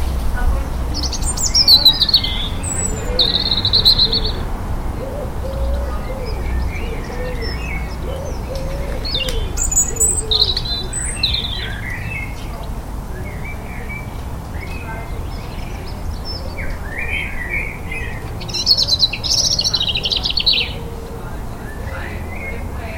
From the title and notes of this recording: Liverpool Garden April 2021. Liverpool morning rituals April 2021.